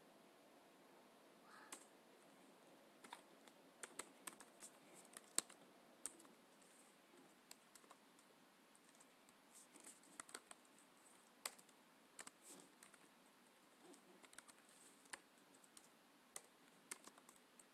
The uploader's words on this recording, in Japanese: ぱそこんかちかち。カチカチカチカチカチカチカチカチ。